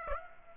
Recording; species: mosquito wingbeat signal from an infrared sensor; Aedes aegypti